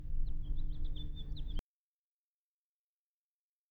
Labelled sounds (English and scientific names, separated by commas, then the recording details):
House Finch (Haemorhous mexicanus) song
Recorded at Hewlett Harbor on Long Island, New York, on 10 June 1975
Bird E